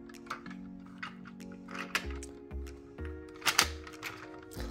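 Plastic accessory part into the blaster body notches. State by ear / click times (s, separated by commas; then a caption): not seated / none. A plastic accessory part marked with an arrow is placed face up into the small notches on each side of the body of a Dart Zone Max Tomcat foam-dart blaster during assembly and pushed to make it fit. Several sharp plastic taps and knocks of handling are heard over steady background music, the loudest near the end. The clip ends just before the part goes home, so nothing has seated or clicked into place yet.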